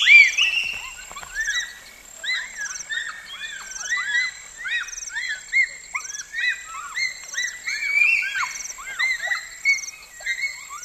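Bonobo calls, many short high arched squeaks and hoots from a group, repeated steadily over rhythmic insect pulses.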